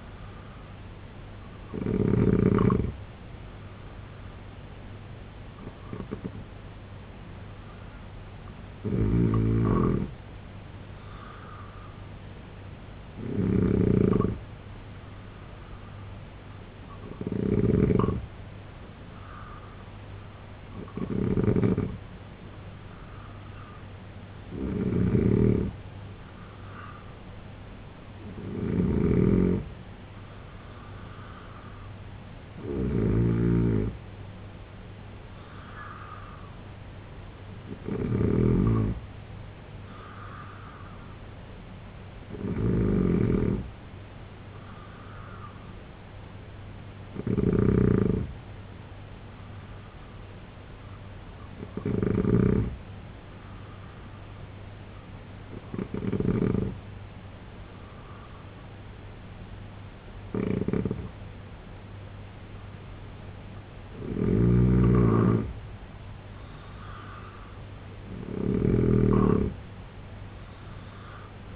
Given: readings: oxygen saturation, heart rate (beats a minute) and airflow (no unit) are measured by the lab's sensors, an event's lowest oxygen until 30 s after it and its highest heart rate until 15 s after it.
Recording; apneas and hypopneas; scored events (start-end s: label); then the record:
breathing in sleep by a voice recorder at the bedside; 1
52.00-66.10 s: hypopnea (N2, oxygen 92% highest, then 89% lowest, heart rate 68 at the start, 76 highest)
From the record:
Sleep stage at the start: N2 (light sleep); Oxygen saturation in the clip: 87 to 92%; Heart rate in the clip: 65 to 76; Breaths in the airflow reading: 16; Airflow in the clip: -3.1 to 6.0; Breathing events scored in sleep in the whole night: 258 in 7.4 hours asleep